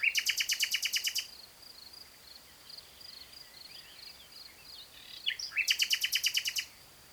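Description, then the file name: Common nightingale giving two loud, fast, evenly pulsed trill phrases, one at the start and one near the end, with soft twitters between over a steady high hum. "Luscinia megarhynchos"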